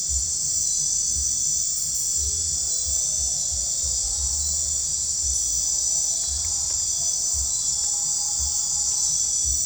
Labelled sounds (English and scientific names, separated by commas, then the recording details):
none
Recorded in dense forest near Puerto Asís, Putumayo, Colombia, on 15 December 2024 at 01:30
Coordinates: 0.499, -76.324
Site G045